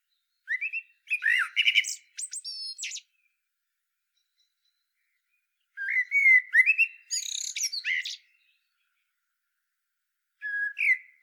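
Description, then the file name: Common blackbird song: three phrases of rich, fluty warbling, the first two ending in high squeaky flourishes, separated by quiet gaps of a few seconds. "Turdus merula"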